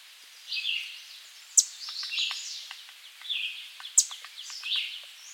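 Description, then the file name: American redstart song: short, high phrases of quick notes, with faint chips and a few sharp clicks between them. "Setophaga ruticilla - American Redstart"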